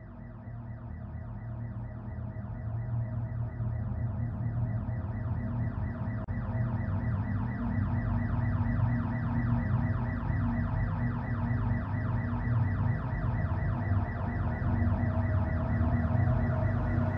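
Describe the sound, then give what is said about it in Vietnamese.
A loud electronic alarm, set off by pressing an alarm button, blares continuously, its rapid pulsing warble repeating steadily without pause over a low rumbling background, with no voices present. “Nhưng xui một cái trước lúc chết, có lẽ cô gái tội nghiệp kia đã kịp bấm chuông báo động, nên hắn đã nhanh chóng xả lưới.”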